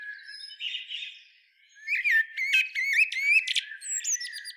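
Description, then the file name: Eurasian blackbird singing, a faint warble at first, then after a short pause mellow fluting phrases broken by thin, high twittering notes. "Turdus merula"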